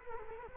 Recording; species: mosquito wingbeat signal from an infrared sensor; Culex quinquefasciatus